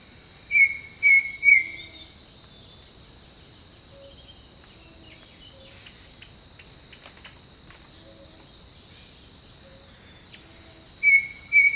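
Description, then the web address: Bird gives three level whistles, then a long stretch of insect drone with faint scattered calls, ending with two more whistled notes. Jungle birdsong. "The Natural Sounds of the Wilderness 10 CDs collection Echoes of Nature - Jungle Talk 01 Jungle Birdsong"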